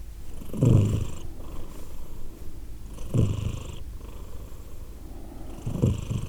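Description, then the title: Cat purr, soft and rumbling, with three brief louder swells spaced about two and a half seconds apart. Cat named Edith, purring, Glasgow, Scotland, December 2023. "Edith purring, Glasgow, Scotland in December 2023 – by Steve Urquhart"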